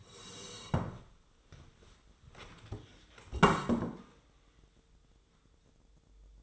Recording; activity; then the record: daily activity, microphone in the room; sit down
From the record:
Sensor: 3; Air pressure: 1005.3 hPa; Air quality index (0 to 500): 97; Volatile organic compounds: 3 ppm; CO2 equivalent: 1516 ppm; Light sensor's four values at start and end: 8/18/8/8 and 10/22/9/9